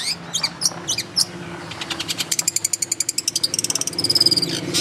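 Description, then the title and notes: Long-tailed shrike song: scattered high chips, then a rapid rattling series of repeated notes and a thin whistled tone, with low hum underneath. Training song for other songbirds. "Masteran Burung Cendet"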